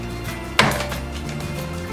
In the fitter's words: fez um barulhinho achou essa daqui encaixa bem aqui ó ó